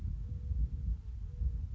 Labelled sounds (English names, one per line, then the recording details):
Mourning Dove
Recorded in Sonoma County, California